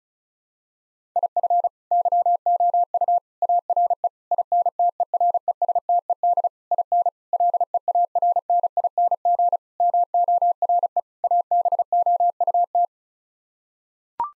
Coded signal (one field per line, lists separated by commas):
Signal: Morse code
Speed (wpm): 34 wpm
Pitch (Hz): 700 Hz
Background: none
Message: IF YOU ARE INTERESTED IN LEARNING MORE ABOUT